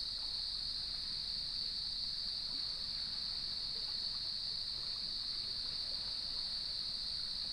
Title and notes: Sounds of Leelanau Peninsula: Lighthouse West Natural Area. As I approached the beach, the sun was just setting, and the crickets made themselves known. Nature is my Jam